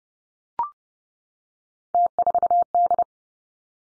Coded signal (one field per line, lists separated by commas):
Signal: Morse code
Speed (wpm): 30 wpm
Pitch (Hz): 700 Hz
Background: none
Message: T4D